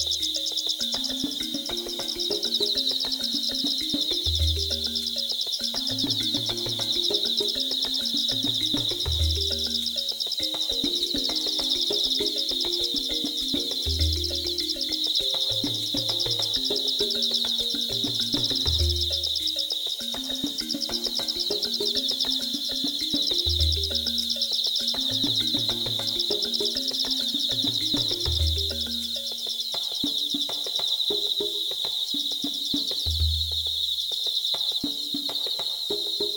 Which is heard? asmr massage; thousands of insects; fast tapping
thousands of insects